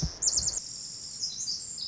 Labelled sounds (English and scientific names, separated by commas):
Pacific Wren (Troglodytes pacificus)